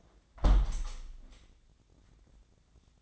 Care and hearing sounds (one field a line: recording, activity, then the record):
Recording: daily activity, microphone in the room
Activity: close window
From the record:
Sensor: 3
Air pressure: 1012.1 hPa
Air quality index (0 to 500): 94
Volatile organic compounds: 1 ppm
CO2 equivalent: 752 ppm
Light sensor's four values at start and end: 298/723/303/301 and 298/722/302/299